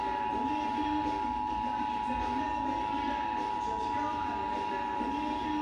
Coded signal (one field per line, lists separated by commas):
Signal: Emergency Alert System (SAME) tones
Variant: 853 and 960 Hz attention tone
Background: speech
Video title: EAS #52 Flash Flood Warning